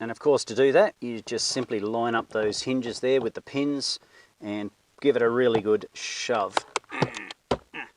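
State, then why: Seated. On a 2016 Mitsubishi Mirage, a plastic glove box is refitted after a cabin filter replacement by lining its hinges up with the dashboard pins and giving it a firm shove while someone talks. A sharp click at 7.5 seconds marks the hinges snapping onto the pins and the glove box seating.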